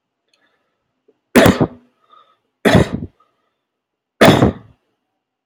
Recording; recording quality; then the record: heavy voluntary cough; excellent, no background noise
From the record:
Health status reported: healthy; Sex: male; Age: 34 years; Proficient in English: yes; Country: India